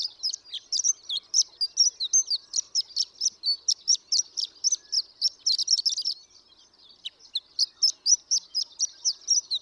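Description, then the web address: Horned lark song, a rapid run of high tinkling, twittering notes, several per second, with a brief pause about two-thirds through before the jingling resumes. "birdsongforthecurious Horned Lark"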